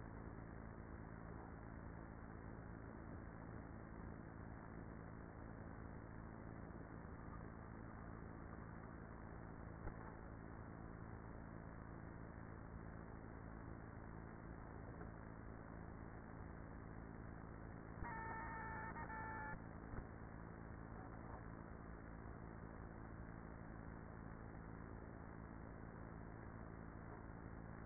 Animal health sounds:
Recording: honeybee colony, microphone inside the hive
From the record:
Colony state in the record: queenless with a low population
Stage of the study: after two queens were removed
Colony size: about 30,000 bees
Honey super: no

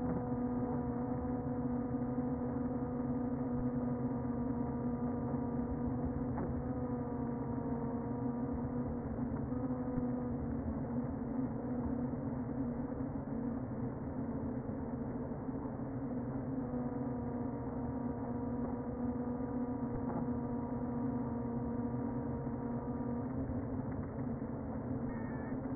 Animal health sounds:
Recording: honeybee colony, microphone inside the hive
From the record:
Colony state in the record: queen present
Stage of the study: before two queens were removed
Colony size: about 60,000 bees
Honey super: yes

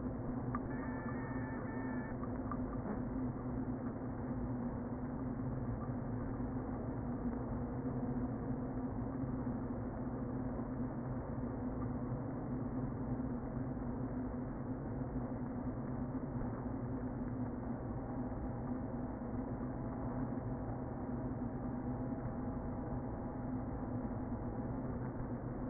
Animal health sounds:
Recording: honeybee colony, microphone inside the hive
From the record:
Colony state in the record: queen present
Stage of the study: before two queens were removed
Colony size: about 60,000 bees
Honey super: yes

